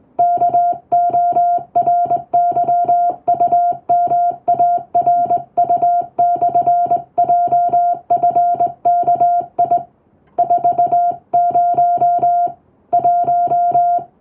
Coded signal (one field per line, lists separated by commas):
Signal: Morse code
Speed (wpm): 21 wpm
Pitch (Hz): 700 Hz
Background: music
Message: KORYUMARU/JFKI 40 1